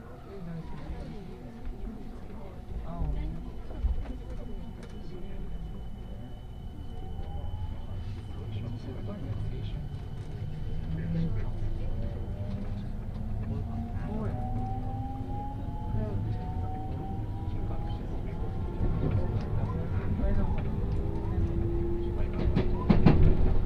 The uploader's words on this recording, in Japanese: 耳で楽しむ鉄道旅 東海道本線新快速 草津→新大阪。